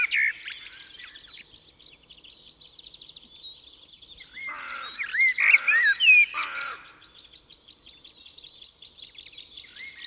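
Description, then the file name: Common blackbird song, a loud warbling phrase of slurred fluty notes amid a continuous chorus of high-pitched birds. "Turdus merula"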